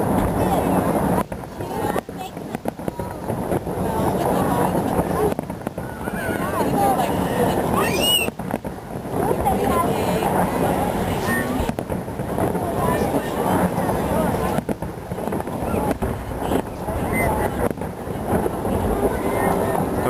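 New Year's Eve fireworks in Ottawa, heard through a dense, continuous crowd murmur of many voices. Sharp bursts crack through at irregular moments, every second or two, with a brief rising whistle around eight seconds. Loudness stays high and fairly steady throughout.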